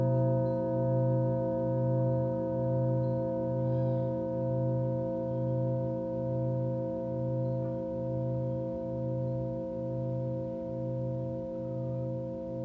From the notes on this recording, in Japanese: チャボとサヌカイト、チベタンシンギングボウルの三重奏